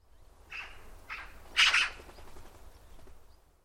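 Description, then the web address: Bird calls: three short harsh notes about half a second apart, the third loudest and broadest, over a low steady background rumble. "Deverinetal 2025 File origin Bird Only"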